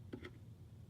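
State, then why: Not seated. A part, probably the antenna mount or a housing piece fitted with a new RP-SMA connector, is handled against the plastic housing of a FlySky FS-i6 RC transmitter during a range-extending mod. Two brief tick-like sounds come near 0.1 and 0.3 seconds over a low steady hum. Nothing has seated or clicked into the housing yet.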